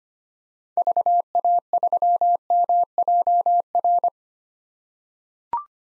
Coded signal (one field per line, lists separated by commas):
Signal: Morse code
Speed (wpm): 25 wpm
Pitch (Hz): 700 Hz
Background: none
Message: VA3MJR